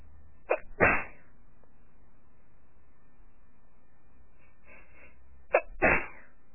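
Two sneezes about five seconds apart from an adult woman, each with a quick catching intake of breath and then a sharp, explosive burst. Between them there is only quiet background hiss and a faint breath.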